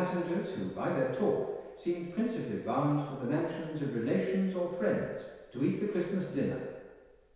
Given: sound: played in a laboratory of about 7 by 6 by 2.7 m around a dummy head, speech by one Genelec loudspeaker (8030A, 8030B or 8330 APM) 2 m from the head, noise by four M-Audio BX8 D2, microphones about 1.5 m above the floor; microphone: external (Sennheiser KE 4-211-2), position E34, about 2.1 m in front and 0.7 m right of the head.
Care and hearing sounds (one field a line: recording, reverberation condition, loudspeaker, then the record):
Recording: male speech in English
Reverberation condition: high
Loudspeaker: 120 degrees to the left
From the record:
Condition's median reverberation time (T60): about 1300 ms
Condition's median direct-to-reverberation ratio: about -4.0 dB